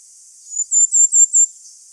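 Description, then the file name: Firecrest calls: a short run of five very high, thin notes delivered in about one second, the first one softer, then quiet. "Korolek krasnogolovyj"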